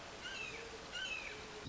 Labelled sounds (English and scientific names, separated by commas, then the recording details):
Red-shouldered Hawk (Buteo lineatus)
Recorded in Sonoma County, California